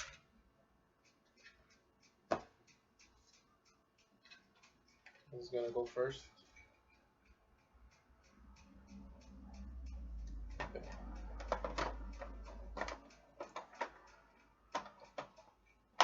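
During reassembly of an Xbox 360 game console, the plastic outer casing is handled and fitted onto the console chassis while someone talks, with scattered sharp ticks and plastic taps, a brief louder hit near 2.3 s and a low rumbling hum from about 8.5 to 13 s. Nothing has seated or clicked yet when the clip ends.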